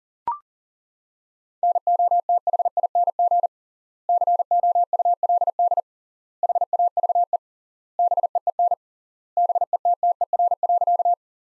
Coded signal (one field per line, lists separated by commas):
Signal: Morse code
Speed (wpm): 38 wpm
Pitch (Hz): 700 Hz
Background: none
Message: NOTHING COULD HAVE BEEN BETTER.